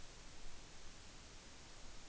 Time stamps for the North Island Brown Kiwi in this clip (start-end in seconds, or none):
none